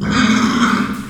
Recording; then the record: squeal of a Yucatan mini pig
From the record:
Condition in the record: after surgery on the right vocal fold (resection and tissue-engineered implant); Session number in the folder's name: 12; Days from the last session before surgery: 105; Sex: female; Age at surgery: 19 weeks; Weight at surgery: 25 kg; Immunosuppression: prednisolone